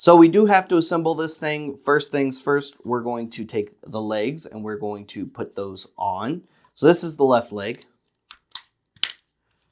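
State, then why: Seated. Someone talks for about eight seconds while assembling a plastic AT-ST walker action figure from the Star Wars The Vintage Collection Return of the Jedi 40th Anniversary line, then pushes the left leg onto the walker body. A few short, sharp plastic taps follow near the end, with the leg clicking into its hip socket at 9.0 seconds and seating in place.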